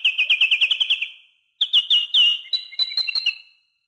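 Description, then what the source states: Great tit song: a fast series of bright two-part notes, a brief pause, then a second run of sharper, more varied notes. Masteran recording, made for training captive songbirds to learn the song.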